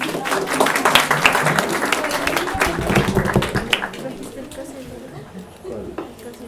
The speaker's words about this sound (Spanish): Bueno, un aplauso